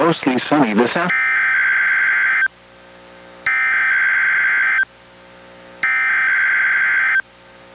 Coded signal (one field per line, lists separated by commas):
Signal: Emergency Alert System (SAME) tones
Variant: header bursts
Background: speech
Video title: EAS #890: NWR Required Weekly Test- Nov. 15, 2023- 11:00AM PST